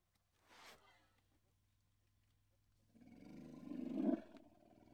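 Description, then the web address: Indian elephant rumbling low and throatily in the second half, swelling to a peak and then easing, after a quiet opening with a brief noise over a steady low hum. Two Indian elephants, in Indian countryside. "BBC Sound Effects Library. India Pakistan Nepal. Two Indian Elephants"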